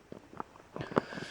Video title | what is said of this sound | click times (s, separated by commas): Clone Army Customs Sergeant Hound Review | all you got to do is you simply loop it around push it down and snaps right into place | 1.0 s